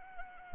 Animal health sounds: mosquito wingbeat signal from an infrared sensor; Anopheles arabiensis

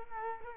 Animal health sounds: mosquito wingbeat signal from an infrared sensor; Culex quinquefasciatus

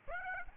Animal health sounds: mosquito wingbeat signal from an infrared sensor; Aedes aegypti

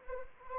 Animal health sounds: mosquito wingbeat signal from an infrared sensor; Anopheles arabiensis

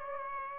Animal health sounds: mosquito wingbeat signal from an infrared sensor; Aedes aegypti

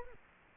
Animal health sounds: mosquito wingbeat signal from an infrared sensor; Culex quinquefasciatus

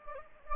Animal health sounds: mosquito wingbeat signal from an infrared sensor; Anopheles gambiae

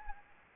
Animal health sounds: mosquito wingbeat signal from an infrared sensor; Anopheles gambiae

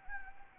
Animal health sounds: mosquito wingbeat signal from an infrared sensor; Anopheles gambiae

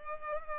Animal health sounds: mosquito wingbeat signal from an infrared sensor; Culex pipiens

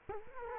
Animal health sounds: mosquito wingbeat signal from an infrared sensor; Culex quinquefasciatus

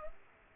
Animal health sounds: mosquito wingbeat signal from an infrared sensor; Culex pipiens

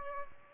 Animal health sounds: mosquito wingbeat signal from an infrared sensor; Aedes aegypti

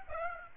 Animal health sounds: mosquito wingbeat signal from an infrared sensor; Aedes aegypti

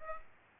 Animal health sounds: mosquito wingbeat signal from an infrared sensor; Aedes aegypti

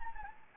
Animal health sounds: mosquito wingbeat signal from an infrared sensor; Anopheles gambiae

